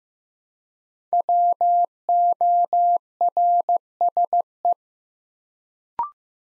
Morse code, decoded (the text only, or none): WORSE